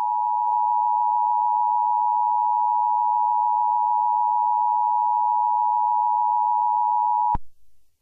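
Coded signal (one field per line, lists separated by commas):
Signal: Emergency Alert System (SAME) tones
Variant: 853 and 960 Hz attention tone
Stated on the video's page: Not real; a mock Kansas tornado warning.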